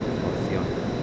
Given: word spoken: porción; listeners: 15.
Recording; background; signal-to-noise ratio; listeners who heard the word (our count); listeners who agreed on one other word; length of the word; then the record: one Spanish word in noise, from a listening test; speech-shaped noise; -5.8 dB; 4 of 15; 6 of 15; 0.63 s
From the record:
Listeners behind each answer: 6, 4, 3, 1, 1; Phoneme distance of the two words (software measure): 17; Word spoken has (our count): 2 syllables, 7 phonemes, stress on syllable 2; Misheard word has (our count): 2 syllables, 6 phonemes, stress on syllable 2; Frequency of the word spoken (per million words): 13.52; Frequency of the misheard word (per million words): 47.03